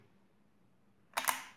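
A CPU cooler is pressed down onto its mounting bracket on the motherboard. After a quiet stretch, a burst of bright, broadband noise starts near 1.2 s, and a single sharp click lands at 1.3 s. The cooler is confirmed seated in its mount.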